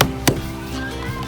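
A roof trim piece for the roof rail of a 2019/2020 Honda Odyssey is slid under the windshield trim and pressed down with light pressure. Two sharp snaps at 0.0 s and 0.3 s ring out over background music. The trim piece is seated in place.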